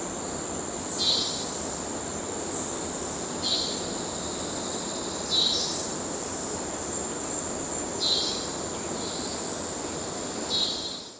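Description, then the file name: Cicada giving five short buzzy bursts a few seconds apart over a constant high insect drone and a steady rush. Amazon rainforest ambience with cicadas and other insects, river in the background. "felix blume nature amazon rainforest ambience cicada insects river in background"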